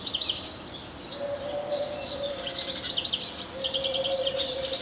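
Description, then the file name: European Goldfinch calls: dense, tinkling twitter of high chirps, with a steady low hum-like tone underneath for much of it. "Carduelis carduelis"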